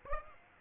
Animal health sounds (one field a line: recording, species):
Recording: mosquito wingbeat signal from an infrared sensor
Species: Aedes aegypti